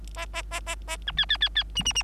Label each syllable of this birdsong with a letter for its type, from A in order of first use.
A A A A A B C C C C D D D